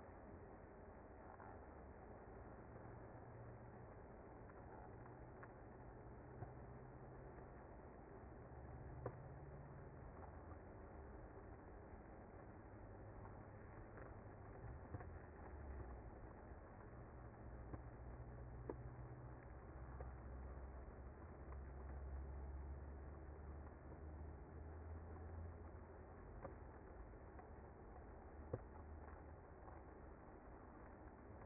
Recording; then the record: honeybee colony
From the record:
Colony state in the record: active